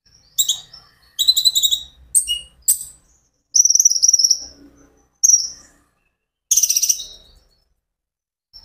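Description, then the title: Van Hasselt's sunbird song: bursts of fast, buzzy high twittering alternate with longer thin trilled notes, separated by brief silences. Steady, continuous song, used as a lure and for therapy to get birds to answer and sing. "KOLIBRI NINJA KONIN IJOAN GACOR COCOK UNTUK PANCINGAN TERAPI KONIN BAHAN PASTI NYAUT"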